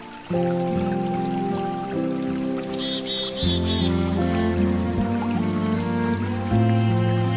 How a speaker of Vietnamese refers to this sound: Khi mặt trời hửng lên như ngọn đèn sưởi khổng lồ, tiếng chim kiếm mồi nhao nhao trên những cành cây cao chót vót